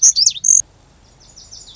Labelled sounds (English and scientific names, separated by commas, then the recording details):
Lazuli Bunting (Passerina amoena)
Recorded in Sonoma County, California